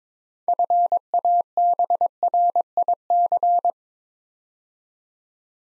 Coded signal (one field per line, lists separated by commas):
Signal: Morse code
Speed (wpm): 22 wpm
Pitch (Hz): 700 Hz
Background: none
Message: FABRIC